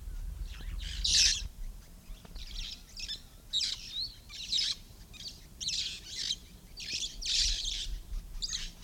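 Red-fronted parrot harsh, rasping, high screeching calls repeated throughout.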